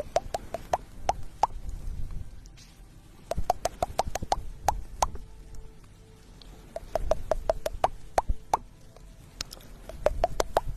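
Ear picking and massage make bursts of sharp, crackly pops and plops, clustered in runs with quiet pauses around three and six seconds.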